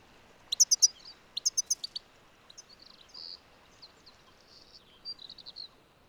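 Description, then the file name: European goldfinch calls, two short bursts of bright chipping notes early, followed by softer scattered twitters and faint nasal notes over background hiss. "Carduelis carduelis"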